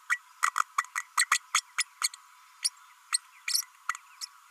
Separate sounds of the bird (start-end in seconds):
0.09-0.19, 0.42-0.51, 0.56-0.63, 0.78-0.84, 0.95-1.02, 1.17-1.25, 1.31-1.39, 1.54-1.61, 1.78-1.84, 2.02-2.08, 2.64-2.70, 3.12-3.19, 3.48-3.62, 4.21-4.25